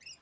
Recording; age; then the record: pig call; piglet (1 to 25 days)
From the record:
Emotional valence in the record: negative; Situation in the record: long isolation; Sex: male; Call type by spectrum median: high-frequency call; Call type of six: high-frequency stable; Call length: 0.22 s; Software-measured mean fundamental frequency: 313 Hz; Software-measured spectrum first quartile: 2561 Hz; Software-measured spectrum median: 4563 Hz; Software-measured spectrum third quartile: 5526 Hz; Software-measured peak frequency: 5158 Hz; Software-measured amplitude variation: 204 dB a second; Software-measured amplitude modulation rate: 13.7 a second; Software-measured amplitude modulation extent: 14.9 dB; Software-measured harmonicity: 12.8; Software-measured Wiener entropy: -2.51